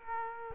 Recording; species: mosquito wingbeat signal from an infrared sensor; Culex quinquefasciatus